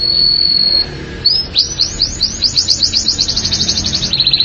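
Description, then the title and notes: Canary song: a steady high whistled note, a short pause, then a quickening trill of sweeping notes that ends in a faster, tighter roll. "BM Suara Kenari. BM Suara Burung Kenari"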